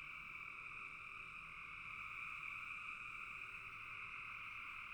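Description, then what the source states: Frogs calling in a dense chorus that stays even and continuous, over quiet low background rumble. Recorded in a bog.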